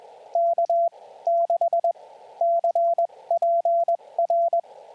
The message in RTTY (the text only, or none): none